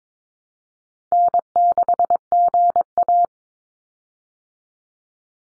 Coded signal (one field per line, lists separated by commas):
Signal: Morse code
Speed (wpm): 22 wpm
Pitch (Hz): 700 Hz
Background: none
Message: N6GA